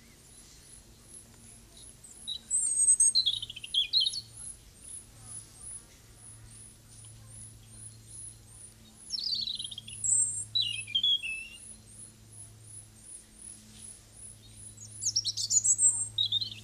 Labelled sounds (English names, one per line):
European Robin song